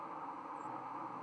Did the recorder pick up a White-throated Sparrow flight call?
yes